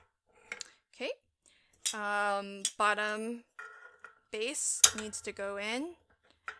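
Someone talks while handling the bottom base of a second button insert, getting it ready to push into a We R Makers WRMK ButtonPress, with a few light taps and knocks between the words. Nothing has seated or clicked into the press yet.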